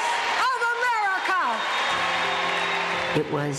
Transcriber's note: cheering and applause